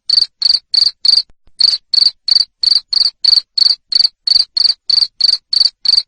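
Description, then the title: Cricket chirps, sharp and high, each made of quick pulses, repeated evenly about three times a second, with one brief pause early on. Loud cricket chirping used to stimulate lovebirds to sing continuously (ngekek). "Suara JANGKRIK NGERIK Keras Bikin LOVEBIRD Jadi NGEKEK Terus Vubey"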